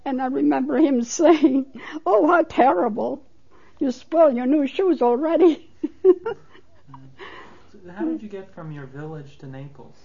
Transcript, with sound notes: And I remember him saying, "Oh, how terrible. You spoiled your new shoes already." (She laughs.)
How did you get from your village to Naples?